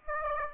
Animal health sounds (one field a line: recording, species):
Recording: mosquito wingbeat signal from an infrared sensor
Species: Aedes aegypti